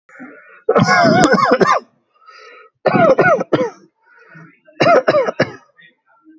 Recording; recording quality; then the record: heavy voluntary cough; moderate, slight background noise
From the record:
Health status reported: healthy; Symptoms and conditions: none ticked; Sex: male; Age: 29 years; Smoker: not ticked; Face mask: not worn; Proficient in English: yes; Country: India